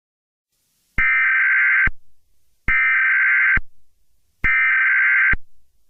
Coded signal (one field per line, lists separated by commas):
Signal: Emergency Alert System (SAME) tones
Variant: header bursts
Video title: EAS Scenario | Piglin Attack (#95)